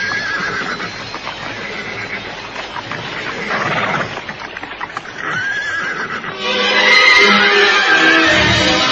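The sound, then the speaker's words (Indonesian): A horse whinnies loudly with high, wavering neighs while hooves clop in an irregular rhythm, as Kediri soldiers ride up to a riverbank and leave their horses; the sounds are continuous and busy, growing louder and brighter toward the end. “Dan ketika para prajurit Kediri ini mulai mendekati tepian sungai, mereka pun segera meninggalkan kuda mereka masing-masing.”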